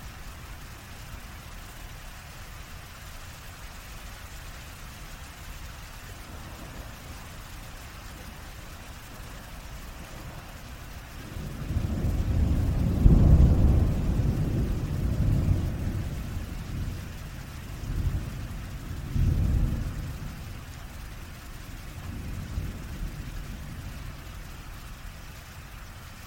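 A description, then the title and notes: Heavy rain hisses steadily throughout, a dense, even wash with a soft low roar beneath it. Around twelve seconds in, deep thunder rolls in and peaks near thirteen seconds. Further rumbling surges follow near nineteen and twenty-two seconds before fading back into the rain. Severe Thunderstorm and Heavy Rain Sounds. Intense thunder.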